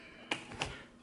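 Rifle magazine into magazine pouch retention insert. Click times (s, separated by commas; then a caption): 0.3 s. A 30-round rifle magazine is pushed down into a polymer magazine pouch retention insert and seats at the bottom with a sharp click at 0.3 s. A second, slightly quieter sharp tick follows at about 0.6 s before the sound fades. The magazine is fully seated in the insert.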